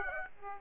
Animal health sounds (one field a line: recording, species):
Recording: mosquito wingbeat signal from an infrared sensor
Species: Aedes aegypti